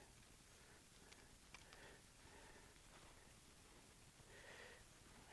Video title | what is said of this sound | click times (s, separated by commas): Sleeping Pod - 4 Part Set Up - Best Sleep Ever | shove that down click it | 1.6 s